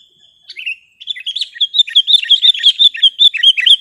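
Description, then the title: Sooty-headed bulbul song: a thin steady note, then a quickening stream of bubbly chattering notes that grows louder and busier toward the end. "kutilang"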